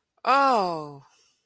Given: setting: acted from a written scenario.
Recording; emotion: vocal sound without words; relief